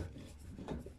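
A Hive 2022 smart thermostat head is screwed down onto a radiator valve, with a low rubbing, scraping sound as it turns. A single sharp click at 0.7 s marks the head seating into place on the valve.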